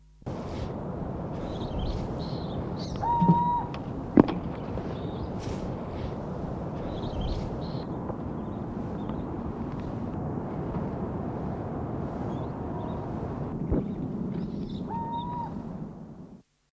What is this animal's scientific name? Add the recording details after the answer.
Pseudoscops clamator. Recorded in captivity. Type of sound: call. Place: Vogelpark Bad Schwartau, Schleswig-Holstein, DE. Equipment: Halbspur, 9,5 cm/s. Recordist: Lütgens, Hans. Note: Streit